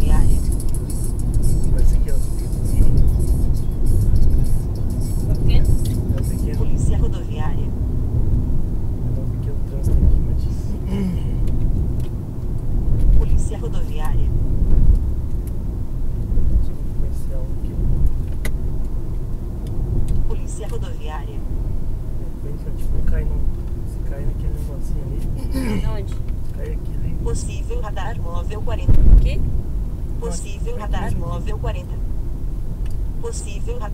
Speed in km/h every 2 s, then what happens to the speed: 68, 68, 69, 70, 67, 65, 64, 63, 63, 62, 61, 61, 60, 59, 58, 57, 55.
0-6 steady at about 68. 6-34 slows to 55.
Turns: none.